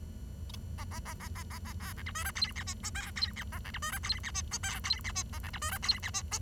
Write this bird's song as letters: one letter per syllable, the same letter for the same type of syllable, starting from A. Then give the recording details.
A A A A A A A B C D E F G H I J K G H A C D E F G H I J K G H I A C D E F G H I J. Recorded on 23 June 2012 at 07:53. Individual gr41rd51